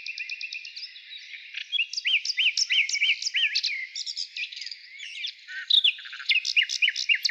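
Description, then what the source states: Nightingale singing a fast run of repeated notes, then rising and falling slurred whistles and buzzy trills, changing phrase every second or two. Recorded in the morning.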